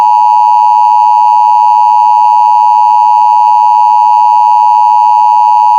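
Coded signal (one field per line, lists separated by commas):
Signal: Emergency Alert System (SAME) tones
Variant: 853 and 960 Hz attention tone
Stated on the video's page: Fictional EAS scenario.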